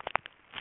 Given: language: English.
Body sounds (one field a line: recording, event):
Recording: throat vibration sensor signal played as sound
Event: swallow